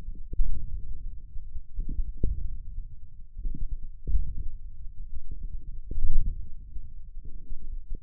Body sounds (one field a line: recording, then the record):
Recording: forearm muscle sounds (acoustic myography)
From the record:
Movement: ulnar deviation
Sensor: system 1, eight BSWA MPA416 microphones around the upper forearm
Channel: 8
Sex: male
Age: 28 years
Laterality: right